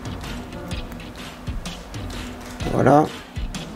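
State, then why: Seated. A small plastic part is pressed into its spot on the body of a 1/8 scale Jaguar Type E model from Agora Models Pack 9 while someone talks. The part clips into place with a short click at 3.6 s and is confirmed seated.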